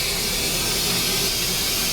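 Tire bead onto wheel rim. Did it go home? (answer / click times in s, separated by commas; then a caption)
no / none. A newly mounted tire is being inflated to seat its bead on the wheel rim, and only a steady, broadband hiss of rushing air is heard for the full two seconds. There is no pop, and the bead has not seated yet.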